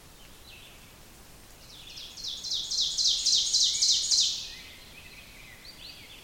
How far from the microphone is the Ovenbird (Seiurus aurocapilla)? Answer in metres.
about 25 m